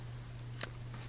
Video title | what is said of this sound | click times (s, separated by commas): How to improve Cellphone service | and you kind of want to set it in from the side and push back once you hear that click | 0.6 s